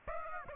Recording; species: mosquito wingbeat signal from an infrared sensor; Aedes aegypti